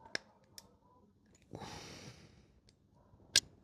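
A small PH1 Phillips bit on a screwdriver turns a small Phillips screw in the carburettor of a TT600 motorcycle that has not run in 20 years. Faint ticks come at 0.2 s and 0.6 s and a breathy hiss runs from about 1.5 to 2.1 s, then a sharp click at 3.4 s marks the bit slipping and camming out of the head. The screw head is stripped, and the smaller PH1 bit is then swapped back for a PH2.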